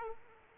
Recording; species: mosquito wingbeat signal from an infrared sensor; Aedes aegypti